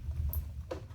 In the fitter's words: There. I heard a click.